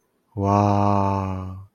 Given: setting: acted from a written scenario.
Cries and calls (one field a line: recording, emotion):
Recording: vocal sound without words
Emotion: awe